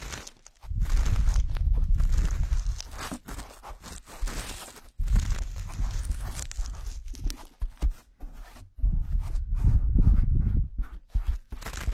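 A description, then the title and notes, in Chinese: Ear cleaning, heard as close, scratchy rubbing and scraping with a deep muffled rumble underneath. The scratching comes in dense bursts of a second or two, broken by brief silences around 1, 5 and 8 seconds, with sharper crackles and clicks throughout. 掏耳朵。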